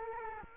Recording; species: mosquito wingbeat signal from an infrared sensor; Culex quinquefasciatus